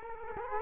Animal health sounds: mosquito wingbeat signal from an infrared sensor; Culex quinquefasciatus

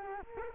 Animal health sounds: mosquito wingbeat signal from an infrared sensor; Culex quinquefasciatus

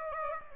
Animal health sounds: mosquito wingbeat signal from an infrared sensor; Aedes aegypti

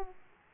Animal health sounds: mosquito wingbeat signal from an infrared sensor; Aedes aegypti

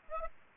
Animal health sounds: mosquito wingbeat signal from an infrared sensor; Aedes aegypti

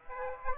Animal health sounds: mosquito wingbeat signal from an infrared sensor; Aedes aegypti

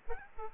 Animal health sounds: mosquito wingbeat signal from an infrared sensor; Aedes aegypti

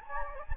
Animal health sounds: mosquito wingbeat signal from an infrared sensor; Anopheles gambiae

